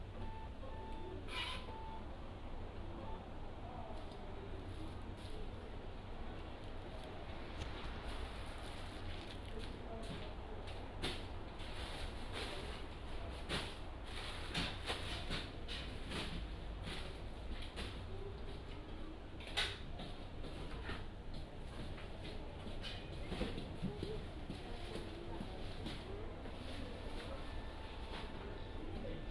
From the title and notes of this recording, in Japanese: 環境音 直売所へ店出し。クルマの運転時間長め。